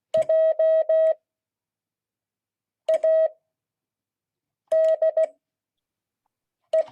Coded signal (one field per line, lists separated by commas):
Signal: Morse code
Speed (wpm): 16 wpm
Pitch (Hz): 640 Hz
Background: none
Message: JADE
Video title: Friday 2022-08-12 Morse code class